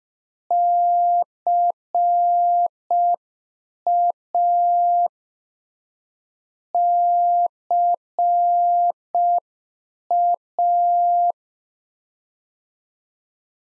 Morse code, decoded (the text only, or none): CA CA